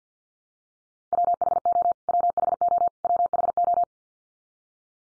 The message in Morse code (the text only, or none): WHO WHO WHO